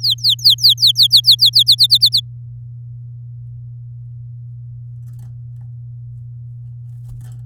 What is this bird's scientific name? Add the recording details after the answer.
Serinus canaria. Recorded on 8 May 2018 at 13:23. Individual llb16